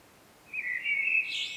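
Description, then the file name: Common blackbird giving one short mellow warbled phrase that breaks into a higher squeaky flourish at the end. "Turdus merula"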